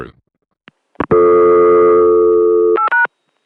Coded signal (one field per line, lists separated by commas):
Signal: telephone call progress tone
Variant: North America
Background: speech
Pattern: dial tone